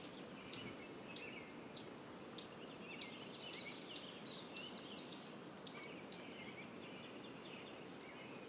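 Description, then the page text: White-throated sparrow giving sharp, high metallic pink calls, about a dozen repeated roughly every half second, the last after a short pause. Pink calls recorded at Lac France in a wildlife reserve, Quebec, on 17 May 2019, in the morning. "Bruant à gorge blanche – Zonotrichia albicollis – L'Oiseau son"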